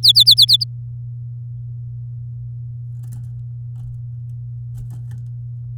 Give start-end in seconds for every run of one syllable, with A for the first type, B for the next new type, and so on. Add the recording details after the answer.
0.03-0.64 A. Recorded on 9 May 2018 at 12:07. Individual llb16